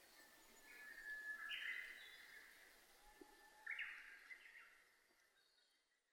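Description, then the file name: Japanese bush warbler song, faint: two phrases, the first a steady whistle that steps up into a higher, brighter part, the second mostly the higher, brighter part, over soft background hiss. Recorded 27 May 2007 at 05:46. "uguisu 20070527-0546"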